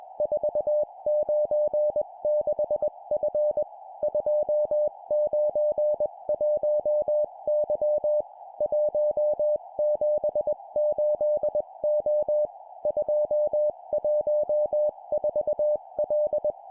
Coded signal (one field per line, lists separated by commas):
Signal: Morse code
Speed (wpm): 20 wpm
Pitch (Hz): 600 Hz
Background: music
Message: 496F 291Y 178O 214L